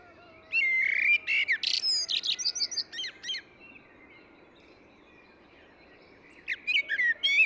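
Eurasian blackbird singing a rich whistled warble that breaks into thin, high squeaky notes, a long quiet gap, then a fresh phrase starting at the end.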